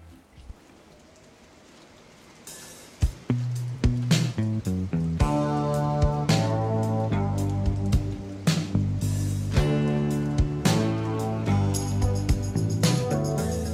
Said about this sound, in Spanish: Nos vamos escuchando un poquito de música. Nos vamos a la última tanda y volvemos.